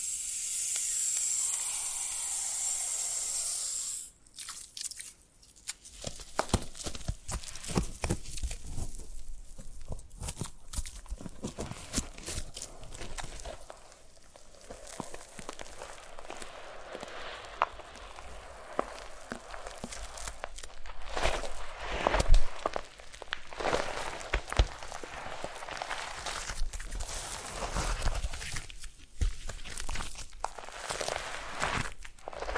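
Foam massage sounds: after about four seconds of steady hiss that cuts off abruptly, dense crackling, squeaking and crunching rub in continually. The scratchy textures come in uneven bursts, with louder, brighter crunches around 22 and 29 seconds.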